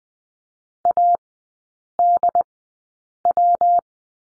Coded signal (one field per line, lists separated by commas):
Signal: Morse code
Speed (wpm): 20 wpm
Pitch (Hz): 700 Hz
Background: none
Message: ADW